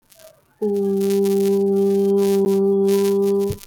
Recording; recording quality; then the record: sustained vowel as in boot; moderate, slight background noise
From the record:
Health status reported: healthy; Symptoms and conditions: none ticked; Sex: female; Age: 30 years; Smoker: not ticked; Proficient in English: yes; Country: India